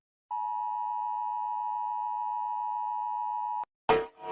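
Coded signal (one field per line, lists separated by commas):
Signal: Emergency Alert System (SAME) tones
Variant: 853 and 960 Hz attention tone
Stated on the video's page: Simulated fictional EAS alarms made with Gacha Club.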